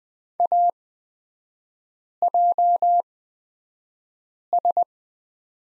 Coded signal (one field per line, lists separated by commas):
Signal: Morse code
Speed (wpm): 20 wpm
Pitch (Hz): 700 Hz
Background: none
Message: AJS